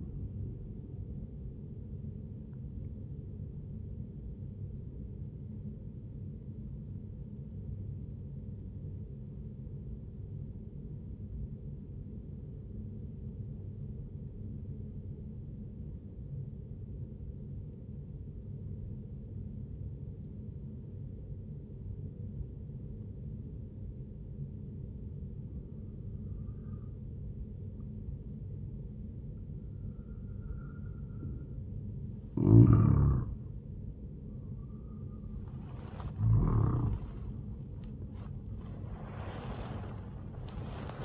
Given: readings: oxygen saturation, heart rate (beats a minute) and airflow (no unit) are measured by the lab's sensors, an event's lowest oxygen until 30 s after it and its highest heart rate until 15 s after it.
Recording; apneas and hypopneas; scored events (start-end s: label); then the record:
breathing in sleep by a smartphone at the bedside; 1
5.00-32.00 s: obstructive apnea (N1, oxygen 98% highest, then 94% lowest, heart rate 74 at the start, 82 highest)
17.00-41.05 s: new sleep stage, N2 (light sleep)
From the record:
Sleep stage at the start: N1 (lightest sleep); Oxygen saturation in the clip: 84 to 98%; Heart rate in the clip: 69 to 92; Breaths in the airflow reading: 2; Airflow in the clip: -5.4 to 9.6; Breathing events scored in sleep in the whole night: 131 in 7.2 hours asleep